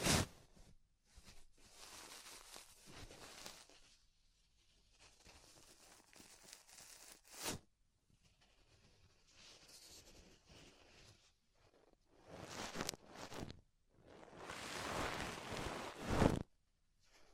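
Tingly ear exploration made of soft scratchy rustling that swells and fades in uneven bursts, with near-silent gaps between them. Sharp taps or clicks land at the start, around 7 seconds, 13 seconds and 16 seconds, and the last stretch is the fullest and loudest.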